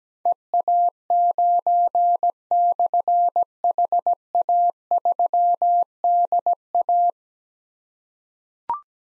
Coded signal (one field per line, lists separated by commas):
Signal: Morse code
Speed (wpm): 17 wpm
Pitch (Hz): 700 Hz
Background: none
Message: EA9/HA3DA